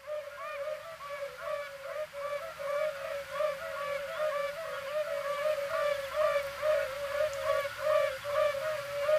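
Yellow-bellied toad chorus, a continuous humming tone with overlapping soft rising notes repeated above it.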